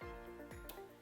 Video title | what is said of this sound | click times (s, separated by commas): Adjusting Bobbin Tension - INNOVA | you want to hear that snap to make sure it's locked in | 0.7 s